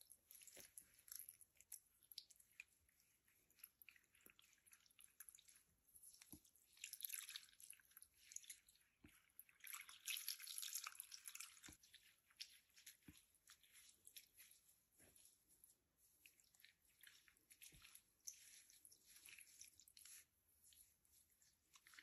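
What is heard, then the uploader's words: Wet scratching and rubbing on hair and scalp, made of dense crackly bursts in the high range with frequent sharp clicks and drips. The friction swells into thicker rubbing around seven and again around ten to eleven seconds. Hair wash hair brushing scalp scratch head massage (no talking).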